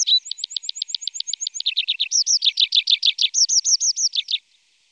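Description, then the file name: Tree pipit song: a fast trill of even notes leading into loud, repeated downslurred phrases, ending after about four and a half seconds. "Pipit Des Arbres - Tree Pipit"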